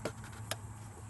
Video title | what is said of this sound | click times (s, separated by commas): 2007 Ford Crown Victoria is overheating! Here's what was wrong | click all right it's in place | 0.5 s